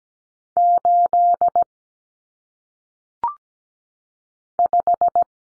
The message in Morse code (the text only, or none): 8 5